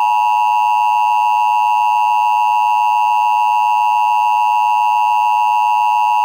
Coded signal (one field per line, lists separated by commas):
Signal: Emergency Alert System (SAME) tones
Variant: 853 and 960 Hz attention tone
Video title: EAS Mock Up #6 (Remaster) - Jeremy DeWitte, Serial Police Impersonator